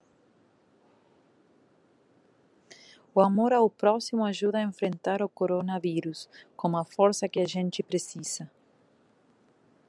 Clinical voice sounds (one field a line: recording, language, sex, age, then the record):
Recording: spoken sentence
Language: Brazilian Portuguese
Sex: female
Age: 50 to 59 years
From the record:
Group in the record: control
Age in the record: 50 years